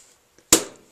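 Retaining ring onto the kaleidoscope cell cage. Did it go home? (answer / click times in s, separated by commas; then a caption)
yes / 0.5 s. A retaining ring is pushed back onto the cage of an interchangeable kaleidoscope after a theme cell is placed inside. A faint tick at about 0.4 s is followed by a sharp, loud snap at 0.5 s that rings briefly before fading, and the ring is secure.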